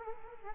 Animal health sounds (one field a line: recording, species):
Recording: mosquito wingbeat signal from an infrared sensor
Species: Culex quinquefasciatus